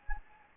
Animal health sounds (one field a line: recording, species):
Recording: mosquito wingbeat signal from an infrared sensor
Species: Anopheles gambiae